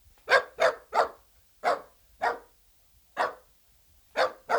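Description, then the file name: Dachshund in a burst of rapid sharp barks, three close together, then several more spaced out, ending with a quick pair. "Het blaffen van een teckel - Beeld en Geluid"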